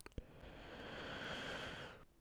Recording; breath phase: one breath near a microphone; inhalation